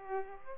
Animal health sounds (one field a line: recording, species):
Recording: mosquito wingbeat signal from an infrared sensor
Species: Culex pipiens